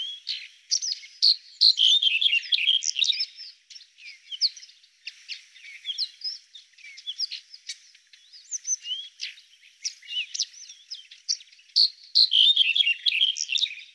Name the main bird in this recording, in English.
Red-headed Bunting